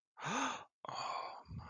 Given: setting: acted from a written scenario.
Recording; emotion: vocal sound without words; romantic love